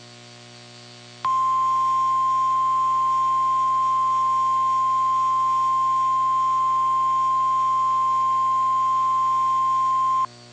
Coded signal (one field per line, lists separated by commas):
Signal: Emergency Alert System (SAME) tones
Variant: 1050 Hz attention tone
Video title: Severe Thunderstorm Warning EAS Davidson Dickson Montgomery Cheatham Hickman Robertson County Tennes